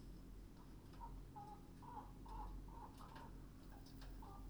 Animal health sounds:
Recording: poultry house recording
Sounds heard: healthy chickens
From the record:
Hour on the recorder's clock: 21

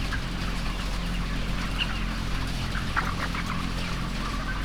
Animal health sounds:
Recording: poultry house recording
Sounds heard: healthy chickens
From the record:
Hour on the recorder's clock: 17

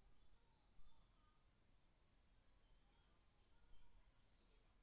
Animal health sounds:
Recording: poultry house recording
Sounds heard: no chicken sound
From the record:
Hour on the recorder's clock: 17

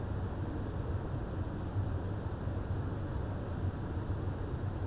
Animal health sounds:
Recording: poultry house recording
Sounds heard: no chicken sound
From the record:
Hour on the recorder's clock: 23

